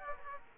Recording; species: mosquito wingbeat signal from an infrared sensor; Aedes aegypti